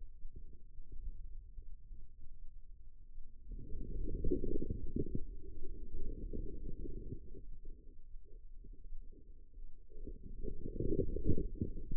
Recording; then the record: forearm muscle sounds (acoustic myography)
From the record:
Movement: inward rotation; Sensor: system 2, bracelet of six BSWA MPA416 microphones around the upper forearm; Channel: 3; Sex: female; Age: 25 years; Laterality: right